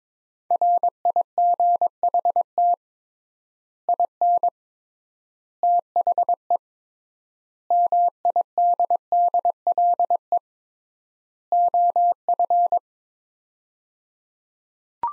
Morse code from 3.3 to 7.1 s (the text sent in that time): IN THE